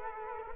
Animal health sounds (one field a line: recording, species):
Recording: mosquito wingbeat signal from an infrared sensor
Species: Culex quinquefasciatus